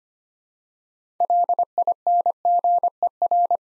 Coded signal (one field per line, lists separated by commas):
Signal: Morse code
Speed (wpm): 25 wpm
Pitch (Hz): 700 Hz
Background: none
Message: LINGER